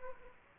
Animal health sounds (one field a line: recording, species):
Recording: mosquito wingbeat signal from an infrared sensor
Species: Aedes aegypti